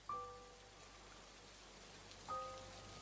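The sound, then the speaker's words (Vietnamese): Soft, steady rain patters outside a house's porch in a continuous gentle hiss, broken twice by a brief clear ringing tone at the start and again near the end. “thoáng giật mình cắt ngang dòng suy nghĩ bởi tiếng mưa đang khẽ vang lên ở bên ngoài hiên nhà.”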